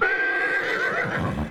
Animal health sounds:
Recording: contact call of a hoofed animal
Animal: horse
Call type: whinny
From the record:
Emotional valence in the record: negative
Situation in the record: separation from one group member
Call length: 1.51 s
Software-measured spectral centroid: 1760 Hz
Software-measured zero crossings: 2560 a second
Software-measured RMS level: -24 dBFS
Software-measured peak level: -9 dBFS

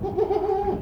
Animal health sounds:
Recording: contact call of a hoofed animal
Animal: goat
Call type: low-frequency (closed-mouth) or high-frequency (open-mouth) call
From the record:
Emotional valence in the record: positive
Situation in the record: food anticipation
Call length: 0.83 s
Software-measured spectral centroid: 1150 Hz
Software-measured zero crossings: 930 a second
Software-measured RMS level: -24 dBFS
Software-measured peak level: -11 dBFS

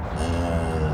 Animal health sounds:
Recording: contact call of a hoofed animal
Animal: cattle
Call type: low-frequency (closed-mouth) or high-frequency (open-mouth) call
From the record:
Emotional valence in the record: negative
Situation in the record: full separation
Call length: 0.94 s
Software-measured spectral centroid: 1790 Hz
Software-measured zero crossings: 1130 a second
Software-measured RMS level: -24 dBFS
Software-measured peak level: -12 dBFS

